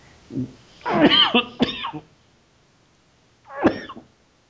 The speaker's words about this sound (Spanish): Ya mejor no lo digo porque ya me dio tos otra vez. Ah. Otra vez, perdón.